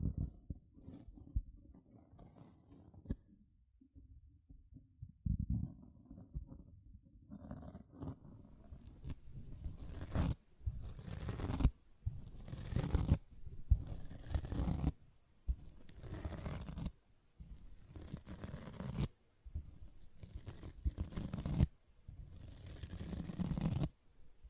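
A sponge is scratched and squished in bursts, rough rasping strokes repeating every second or two with brief quiet gaps between them.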